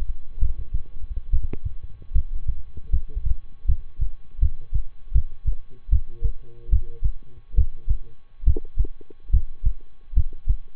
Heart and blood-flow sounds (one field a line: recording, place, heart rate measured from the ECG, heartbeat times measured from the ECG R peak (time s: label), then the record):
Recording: heart sounds by stethoscope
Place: between the tricuspid and mitral areas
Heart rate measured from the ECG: 74 bpm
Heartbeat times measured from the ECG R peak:
0.37 s: heartbeat
1.29 s: heartbeat
2.11 s: heartbeat
2.89 s: heartbeat
3.65 s: heartbeat
4.38 s: heartbeat
5.11 s: heartbeat
5.89 s: heartbeat
6.69 s: heartbeat
7.54 s: heartbeat
8.43 s: heartbeat
9.29 s: heartbeat
10.13 s: heartbeat
From the record:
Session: rest, lying down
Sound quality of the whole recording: good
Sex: male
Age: 23 years